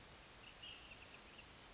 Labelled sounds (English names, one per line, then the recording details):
Ash-throated Flycatcher
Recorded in Sonoma County, California